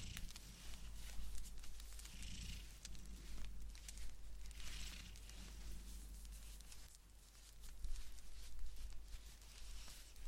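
Knitting a blanket, with soft rustling of yarn and fabric and small clicking, tapping sounds scattered irregularly throughout. A steady low hum sits underneath, and the handling grows busier briefly around two, five and eight seconds.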